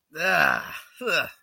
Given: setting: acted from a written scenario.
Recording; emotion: vocal sound without words; disappointment